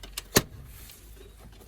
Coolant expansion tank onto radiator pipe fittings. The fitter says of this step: and you'll feel it lock into place and then you won't be able to pull it up anymore